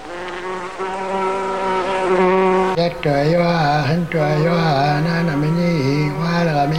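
A loud, continuous buzzing of flies, a dense droning hum with wavering pitch that swoops and dips as the insects circle, with no voices present.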